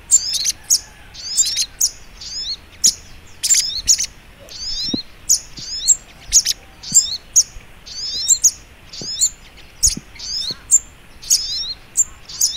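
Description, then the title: Little Spiderhunter: a busy string of high, squeaky chips in short groups with brief gaps. Training (masteran) song in the Labaik style. "Masteran Burung Sogok Ontong Labaik"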